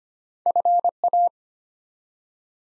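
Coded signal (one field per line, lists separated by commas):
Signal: Morse code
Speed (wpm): 25 wpm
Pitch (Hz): 700 Hz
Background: none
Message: FA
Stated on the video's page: Morse code practice set building 4-letter words one letter at a time at 25 wpm, for beginners moving to instant character recognition.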